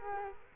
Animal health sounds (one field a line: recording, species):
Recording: mosquito wingbeat signal from an infrared sensor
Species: Culex quinquefasciatus